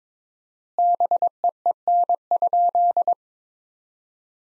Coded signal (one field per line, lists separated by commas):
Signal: Morse code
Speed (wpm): 22 wpm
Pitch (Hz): 700 Hz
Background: none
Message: BEEN?